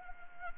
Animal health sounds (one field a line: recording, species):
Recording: mosquito wingbeat signal from an infrared sensor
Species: Anopheles arabiensis